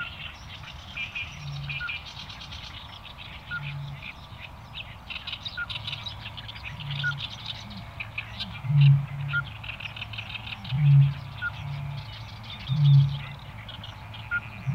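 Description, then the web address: Eurasian bittern booming: a long series of low hollow booms, soft at first then louder, roughly every two seconds, amid continuous chattering birds and brief high chirps. "botaurus stellaris"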